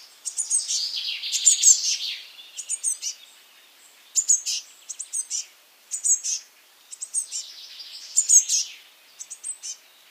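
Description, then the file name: Eurasian blue tit calls: short bursts of high, thin twittering notes, with quiet gaps between them. "Cyanistes caeruleus"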